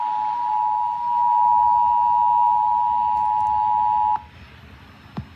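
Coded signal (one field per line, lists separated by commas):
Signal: Emergency Alert System (SAME) tones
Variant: 853 and 960 Hz attention tone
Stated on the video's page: Flash flood warning for Hurricane Ian, captured from phones going off and from radio 89.7 FM.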